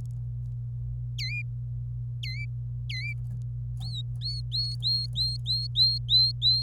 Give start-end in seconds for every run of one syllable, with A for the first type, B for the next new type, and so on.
1.19-1.42 A, 2.23-2.45 A, 2.89-3.13 A, 3.81-6.63 B